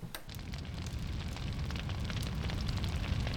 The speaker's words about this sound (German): Feuer! Es brennt draußen!